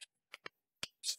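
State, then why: Seated. A Clout Fitness plastic barbell collar clamp is slid onto an Olympic barbell sleeve, and its lever is pressed closed. Short clicks are heard at 0.3, 0.5 and 0.8 seconds, the last one the loudest, followed by a brief broadband rustle. The collar locks into place on the bar.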